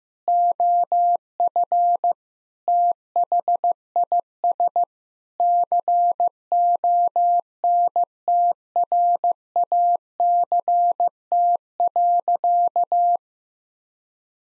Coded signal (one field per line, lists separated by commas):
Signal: Morse code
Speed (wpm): 15 wpm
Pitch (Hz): 700 Hz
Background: none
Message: OF THIS CONTRACT.